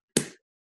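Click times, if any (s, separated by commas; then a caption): 0.2 s. The hinged back of a Nikon FM2 35mm SLR film camera is pressed shut after the film is loaded, and a single sharp click is heard at 0.2 s as the latch catches, ringing briefly before fading. The back is latched closed, which matters because an unlatched back would let the film get ruined when it is advanced.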